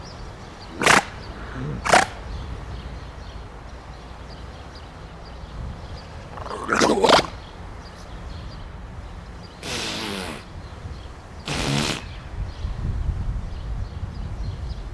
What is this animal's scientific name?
Halichoerus grypus